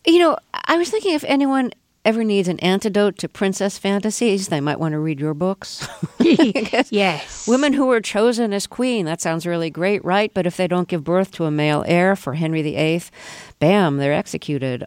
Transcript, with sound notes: You know, I was thinking if anyone ever needs an antidote to princess fantasies, they might want to read your books.
(LAUGHTER) Yes.
Women who were chosen as queen, that sounds really great, right, but if they don't give birth to a male heir for Henry VIII, bam, they're executed.